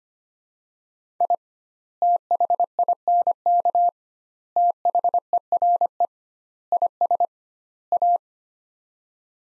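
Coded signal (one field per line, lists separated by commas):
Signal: Morse code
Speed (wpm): 25 wpm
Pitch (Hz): 700 Hz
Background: none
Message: I THINK THERE IS A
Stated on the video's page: Morse practice of five-word sets at 25wpm with 2x word spacing, a Farnsworth-like method applied to words.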